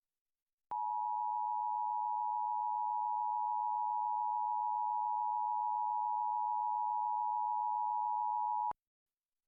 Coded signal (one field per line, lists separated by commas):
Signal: Emergency Alert System (SAME) tones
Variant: 853 and 960 Hz attention tone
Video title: EAS #6: National EAS Test 2023 - WXIN FOX 59 - 10/4/2023